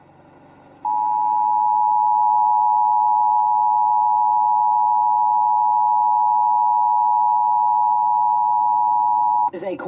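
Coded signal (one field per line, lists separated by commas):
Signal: Emergency Alert System (SAME) tones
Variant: 853 and 960 Hz attention tone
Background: speech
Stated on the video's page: Michigan Required Monthly Test EAS alert relayed on WWJ.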